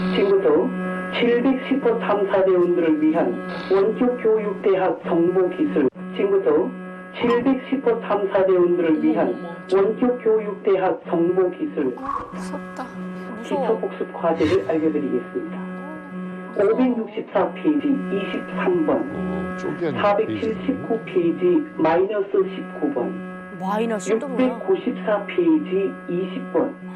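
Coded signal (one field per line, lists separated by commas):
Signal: numbers station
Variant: Korean, North Korean style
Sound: korean voice reading page and item numbers in a formal announcement style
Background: steady electric buzz, background tones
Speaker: 방금 들으신 것은요, 한국의 한 청년단체가 북한의 난수 방송을 재현한 것이라고 합니다.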